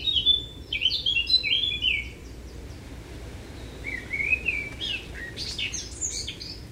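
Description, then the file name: Eurasian blackcap warbling song: a bright, tumbling phrase of rising and falling notes, a pause, then a softer fluty passage and a few sharp high chips. "Sylvia atricapilla"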